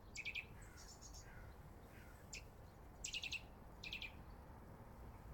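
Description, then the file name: Eurasian nuthatch calls: short, sharp high notes clustered in quick bursts near the start, around 1 s, 2.4 s and 3–4 s, over a steady low background rumble. "Sitta europaea"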